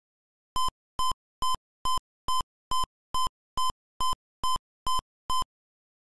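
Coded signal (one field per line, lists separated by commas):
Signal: none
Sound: video game sound effects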